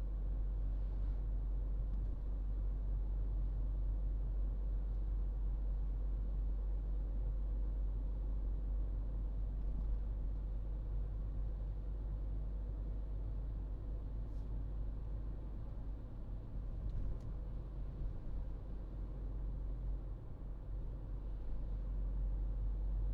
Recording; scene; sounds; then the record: everyday scene through a hearing-aid microphone; in a vehicle; engine, highway driving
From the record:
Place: Berlingo II, diesel engine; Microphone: in the ear canal, right